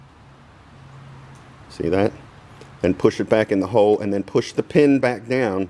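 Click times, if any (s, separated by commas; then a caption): none. A plastic push-pin rivet for a fairing panel hole on a 2020-and-newer Ninja 1000SX motorcycle has its centre pin pulled back up so it sticks out, and it is held and shown before being pushed back into the hole. Over a low steady hum, someone talks from about 1.8 seconds onward. Nothing has seated or clicked yet.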